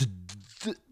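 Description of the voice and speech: An adult man repeats the syllable "de", imitating the stuck, repeated sound of a childhood stuttering block: nothing else would come out but the "de, de", trapped in his throat, as he tried to ask which florist the flowers came from.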